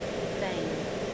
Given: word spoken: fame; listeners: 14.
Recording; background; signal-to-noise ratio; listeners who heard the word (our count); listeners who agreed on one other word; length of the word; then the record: one English word in noise, from a listening test; speech-shaped noise; -5.3 dB; 0 of 14; 6 of 14; 0.74 s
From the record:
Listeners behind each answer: 6, 4, 3, 1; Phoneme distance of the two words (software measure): 20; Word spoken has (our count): 1 syllable, 3 phonemes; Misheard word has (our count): 1 syllable, 3 phonemes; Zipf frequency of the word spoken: 4.18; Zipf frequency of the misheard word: 3.67